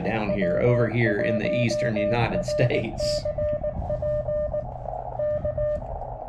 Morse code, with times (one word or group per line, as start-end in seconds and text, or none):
0.3-4.6 W1RCP
5.2-5.8 K